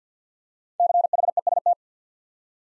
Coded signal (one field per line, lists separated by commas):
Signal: Morse code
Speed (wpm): 50 wpm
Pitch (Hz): 700 Hz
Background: none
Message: CHEST